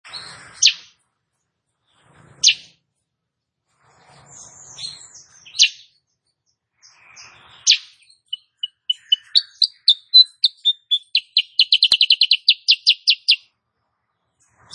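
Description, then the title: Sooty-headed bulbul song: scattered sharp chips, then a bright series of clipped notes that speeds into a rapid, even trill before stopping abruptly. Female, singing energetically; tutor recording for training cage birds. "Masteran Kutilang Sutra KUTILANG SUTRA BETINA GACOR bikin Cucak Kurincang ikutan GACOR"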